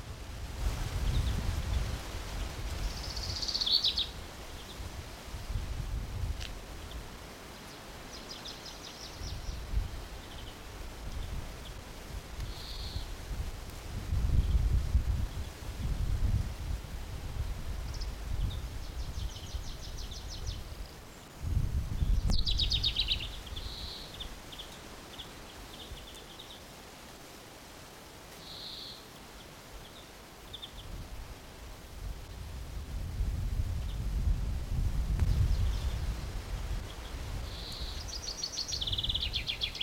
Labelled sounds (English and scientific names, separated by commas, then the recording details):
Common Chaffinch (Fringilla coelebs)
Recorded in the wild
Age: adult
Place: Blankenfelde, Berlin, DE
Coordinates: 52.625, 13.404
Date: 1992-05-01 10:02
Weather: heiter bis wolkig, böiger Wind, 16 °C
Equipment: Nagra SN, Mikrofon AKG CK 8, Kopie Tesla B 116
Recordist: Tembrock, Günter